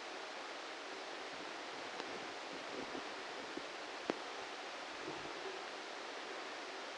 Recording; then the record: brain microelectrode recording played as sound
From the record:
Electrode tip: outside the subthalamic nucleus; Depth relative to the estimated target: -6 mm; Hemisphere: left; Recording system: NeuroSet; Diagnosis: Parkinson's disease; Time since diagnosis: 8 years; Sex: male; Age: 58 years